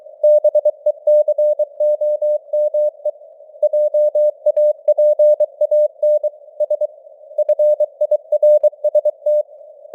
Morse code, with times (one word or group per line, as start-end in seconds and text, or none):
0.2-3.1 BECOME
3.6-6.3 JAPAN
6.6-6.9 S
7.4-9.4 FIRST